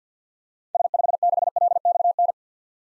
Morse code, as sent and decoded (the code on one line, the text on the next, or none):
... ..... -.... .-.. -..- -.
S56LXN